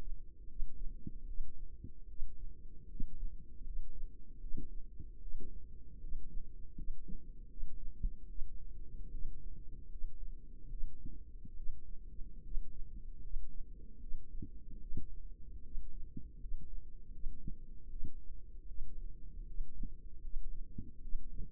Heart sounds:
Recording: heart sounds by microphone in the left ear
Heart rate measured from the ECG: 76 bpm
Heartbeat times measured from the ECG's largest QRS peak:
0.47 s: heartbeat
1.26 s: heartbeat
2.08 s: heartbeat
2.88 s: heartbeat
3.64 s: heartbeat
4.40 s: heartbeat
5.20 s: heartbeat
6.00 s: heartbeat
6.75 s: heartbeat
7.48 s: heartbeat
8.28 s: heartbeat
9.11 s: heartbeat
9.89 s: heartbeat
10.69 s: heartbeat
11.55 s: heartbeat
12.42 s: heartbeat
13.21 s: heartbeat
14.00 s: heartbeat
14.80 s: heartbeat
15.63 s: heartbeat
16.39 s: heartbeat
17.11 s: heartbeat
17.89 s: heartbeat
18.67 s: heartbeat
19.46 s: heartbeat
20.21 s: heartbeat
21.01 s: heartbeat
From the record:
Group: healthy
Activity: rest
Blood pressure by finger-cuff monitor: 102/63 mmHg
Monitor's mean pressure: 73 mmHg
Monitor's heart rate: 77 bpm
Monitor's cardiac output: 6.3 L/min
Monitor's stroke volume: 83 mL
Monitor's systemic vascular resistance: 830 dyn s/cm5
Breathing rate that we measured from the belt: 18 breaths a minute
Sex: female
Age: 22 years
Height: 163 cm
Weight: 67.1 kg

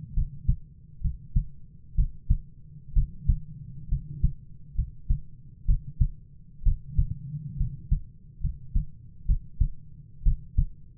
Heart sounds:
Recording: heart sounds by stethoscope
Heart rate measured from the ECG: 65 bpm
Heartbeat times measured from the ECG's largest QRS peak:
0.13 s: heartbeat
1.00 s: heartbeat
1.94 s: heartbeat
2.93 s: heartbeat
3.88 s: heartbeat
4.74 s: heartbeat
5.65 s: heartbeat
6.62 s: heartbeat
7.56 s: heartbeat
8.40 s: heartbeat
9.25 s: heartbeat
10.22 s: heartbeat
From the record:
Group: healthy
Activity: cold pressor test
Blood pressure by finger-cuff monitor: 114/60 mmHg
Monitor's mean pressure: 71 mmHg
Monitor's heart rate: 65 bpm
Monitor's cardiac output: 7.1 L/min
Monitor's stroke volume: 108 mL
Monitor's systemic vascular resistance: 710 dyn s/cm5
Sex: male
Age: 22 years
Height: 185 cm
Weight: 112.4 kg

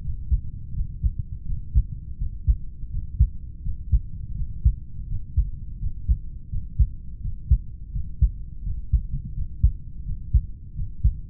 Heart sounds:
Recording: heart sounds by stethoscope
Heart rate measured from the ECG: 84 bpm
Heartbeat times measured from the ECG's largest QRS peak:
0.72 s: heartbeat
1.44 s: heartbeat
2.16 s: heartbeat
2.88 s: heartbeat
3.61 s: heartbeat
4.33 s: heartbeat
5.05 s: heartbeat
5.77 s: heartbeat
6.48 s: heartbeat
7.19 s: heartbeat
7.90 s: heartbeat
8.61 s: heartbeat
9.32 s: heartbeat
10.02 s: heartbeat
10.73 s: heartbeat
From the record:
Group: heart failure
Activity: breath hold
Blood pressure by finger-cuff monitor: 83/56 mmHg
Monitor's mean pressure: 62 mmHg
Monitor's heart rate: 85 bpm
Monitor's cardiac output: 6.5 L/min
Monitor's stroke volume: 77 mL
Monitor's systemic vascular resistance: 670 dyn s/cm5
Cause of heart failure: idiopathic cardiomyopathy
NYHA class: 2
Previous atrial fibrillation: present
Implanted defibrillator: present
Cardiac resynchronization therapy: present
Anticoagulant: warfarin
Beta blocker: metoprolol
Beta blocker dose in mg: 50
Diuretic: furosemide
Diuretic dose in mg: 40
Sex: male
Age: 62 years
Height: 184 cm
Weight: 101 kg

